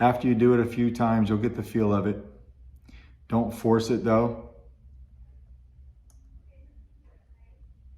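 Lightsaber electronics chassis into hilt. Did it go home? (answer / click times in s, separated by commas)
yes / 6.1 s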